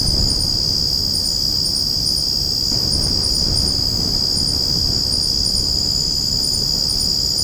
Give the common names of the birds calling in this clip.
none